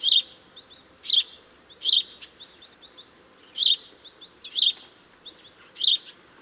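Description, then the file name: House sparrow giving loud single chirps every second or so, with faint thin high tones in the background. "Passer domesticus"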